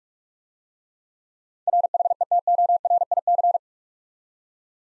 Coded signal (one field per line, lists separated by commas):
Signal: Morse code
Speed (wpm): 44 wpm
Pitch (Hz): 700 Hz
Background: none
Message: RHETORIC